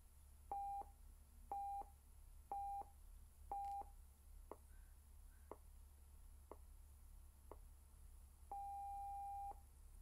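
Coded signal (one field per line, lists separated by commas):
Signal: radio time signal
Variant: NRC Canada time signal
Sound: four short beeps and four clicks a second apart, then a one-second long tone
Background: low hum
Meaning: The beginning of the long dash marks exactly the top of the hour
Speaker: national research council official time signal the beginning of the long dash indicates exactly 10 o'clock pacific daylight saving time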